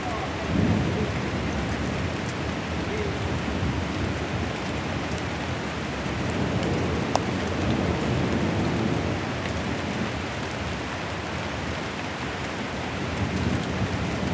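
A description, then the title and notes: Heavy rain pours down in a dense, steady wash that holds level for the whole stretch. A deep rumble runs underneath, swelling slightly early on and again near the middle. A single sharp tap stands out just past seven seconds. Heavy storm ambience.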